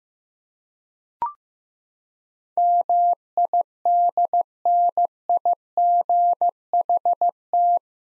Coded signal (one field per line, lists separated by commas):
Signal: Morse code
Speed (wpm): 15 wpm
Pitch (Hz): 700 Hz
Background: none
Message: MIDNIGHT